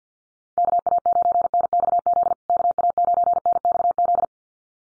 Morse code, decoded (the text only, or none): KA9NXZ KA9NXZ